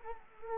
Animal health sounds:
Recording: mosquito wingbeat signal from an infrared sensor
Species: Culex quinquefasciatus

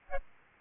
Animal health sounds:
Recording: mosquito wingbeat signal from an infrared sensor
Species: Aedes albopictus

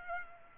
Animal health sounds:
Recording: mosquito wingbeat signal from an infrared sensor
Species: Culex pipiens

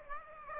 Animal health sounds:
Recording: mosquito wingbeat signal from an infrared sensor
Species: Aedes aegypti

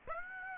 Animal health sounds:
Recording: mosquito wingbeat signal from an infrared sensor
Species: Aedes aegypti

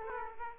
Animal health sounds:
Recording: mosquito wingbeat signal from an infrared sensor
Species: Aedes aegypti

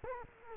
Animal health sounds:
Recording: mosquito wingbeat signal from an infrared sensor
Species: Culex quinquefasciatus

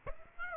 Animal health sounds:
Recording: mosquito wingbeat signal from an infrared sensor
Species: Aedes aegypti

